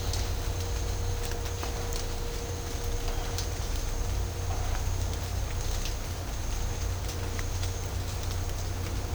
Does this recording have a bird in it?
no